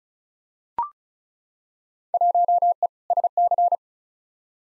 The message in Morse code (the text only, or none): 1E SC